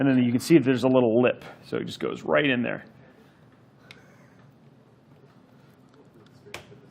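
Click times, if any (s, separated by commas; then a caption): 6.5 s. A pinned internal case connector, a front-panel header connector (likely the front USB header), is pushed straight down onto a motherboard header in a Fractal Torrent build with a 12900K and Arc A770, its small lip lined up so the pins don't bend. Someone talks for the first three seconds, then after a quiet stretch with faint ticks a sharp, loud click at 6.5 s marks the connector seating on the header.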